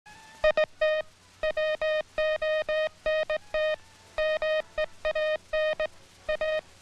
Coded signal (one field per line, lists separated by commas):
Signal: Morse code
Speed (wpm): 19 wpm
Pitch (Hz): 620 Hz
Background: music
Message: IT WONT MEAN A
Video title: HOW IT WORKS Morse Code